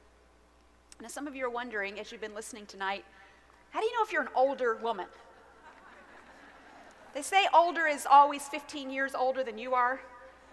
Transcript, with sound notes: Now some of you are wondering, as you’ve been listening tonight, “How do you know if you’re an older woman?” (laughter) They say older is always fifteen years older than you are.